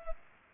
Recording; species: mosquito wingbeat signal from an infrared sensor; Culex pipiens